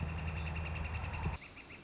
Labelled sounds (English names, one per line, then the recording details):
Northern Flicker
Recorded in Sonoma County, California